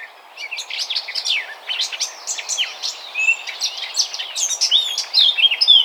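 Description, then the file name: Eurasian blackcap song, a hurried varied warble mixing scratchy notes with brief clear whistles, steady over a faint background hiss. "Sylvia atricapilla"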